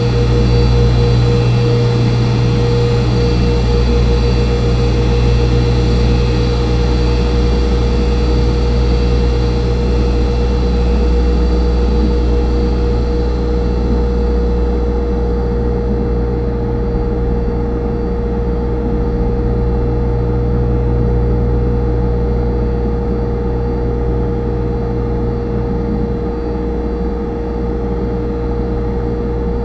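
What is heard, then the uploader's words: Encoding computers hum in a studio, a steady machine drone with strong low tones and several fixed whining pitches running throughout. The level holds nearly constant for the whole clip, with a faint airy hiss that dulls slightly in the second half. Recording of encoding computers humming in WFMU's Studio C by Dan Bodah.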